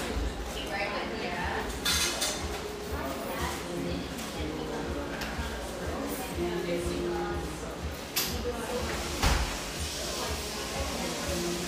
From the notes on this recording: the gentle hum of a wonderful neighborhood espresso shop, tucked away in a corner of the iconic coffee town of Portland, Oregon